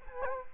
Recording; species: mosquito wingbeat signal from an infrared sensor; Culex quinquefasciatus